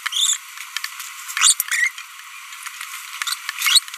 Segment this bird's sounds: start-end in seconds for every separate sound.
0.06-0.08, 0.12-0.36, 1.29-1.31, 1.37-1.53, 1.66-1.89, 3.27-3.34, 3.59-3.79